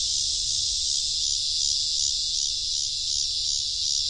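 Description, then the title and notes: Many cicadas singing together in a loud, continuous high buzz with slight pulsing swells in volume, and no other clear sounds. Many 17-year cicadas filling cottonwood trees around a creek at the back of a cornfield in central Iowa, late August. "Interlude - Cicadas. It was late August, and I was in central Iowa. a creek, surrounded by cottonwood trees. The trees were filled with 17-year cicadas"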